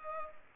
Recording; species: mosquito wingbeat signal from an infrared sensor; Culex pipiens